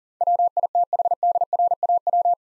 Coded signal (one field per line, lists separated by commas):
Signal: Morse code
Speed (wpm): 38 wpm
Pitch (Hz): 700 Hz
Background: none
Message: WITHDRAW